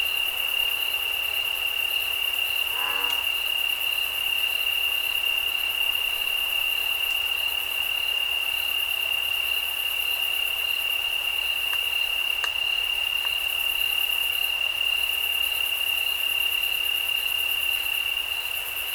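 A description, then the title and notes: Night sounds in the Santa Cruz Mountains: a steady, unbroken insect chorus with a bright, high whine and an even higher shimmering buzz. A brief rising chirp or call cuts in near three seconds, and faint ticks appear around twelve seconds. Night time at Santa Cruz, CA. Sounds of the Santa Cruz Mountains.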